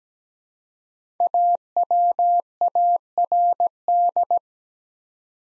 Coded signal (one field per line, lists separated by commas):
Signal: Morse code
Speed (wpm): 17 wpm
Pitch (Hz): 700 Hz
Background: none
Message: AWARD